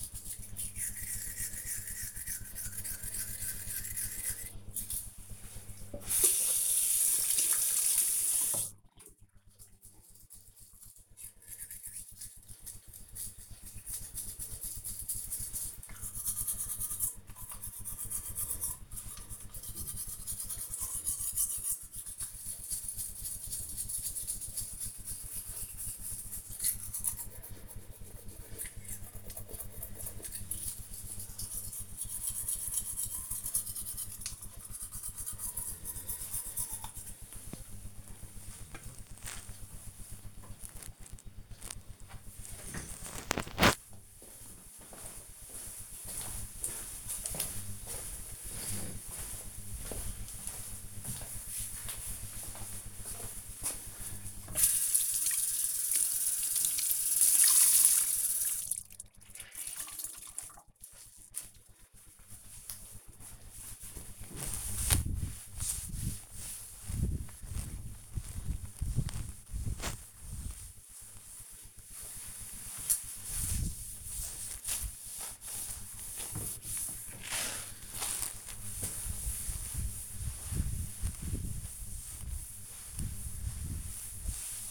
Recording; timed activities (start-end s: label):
household activities, microphone on the right wrist
0.00-40.10 s: brushing teeth
54.20-84.71 s: cleaning table